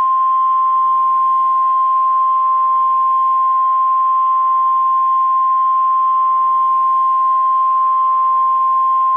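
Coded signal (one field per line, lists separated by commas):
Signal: Emergency Alert System (SAME) tones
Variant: 1050 Hz attention tone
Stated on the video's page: Fictional EAS scenario in which an EAS test is interrupted by something unprecedented.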